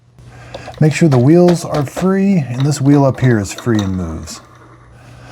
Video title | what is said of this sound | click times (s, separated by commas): Unboxing and Setup of iRobot Roomba 694 Robot Vacuum with Virtual Wall Setup | Then you can set that down. Rotate this down until it clicks. | 0.6 s